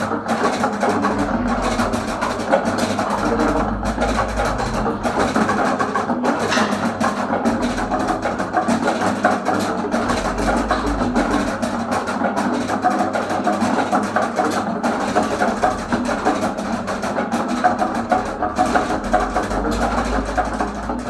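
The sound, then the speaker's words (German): A computer-controlled raindrop drum kit exhibit station plays a dense, continuous patter of quick, irregular taps over a steady low rumble, holding an even loudness throughout with no voices. “Wir haben jetzt noch einmal gehört, das Regentropfen-Schlagzeug.”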